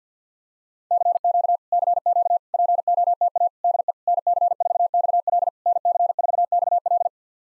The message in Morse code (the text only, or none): CQ CQ POTA DE NC4XL NC4XL